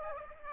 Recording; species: mosquito wingbeat signal from an infrared sensor; Aedes aegypti